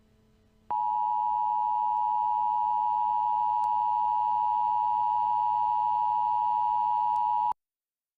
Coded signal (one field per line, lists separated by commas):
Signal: Emergency Alert System (SAME) tones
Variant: 853 and 960 Hz attention tone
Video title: EAS Scenario 40: Chessy Fever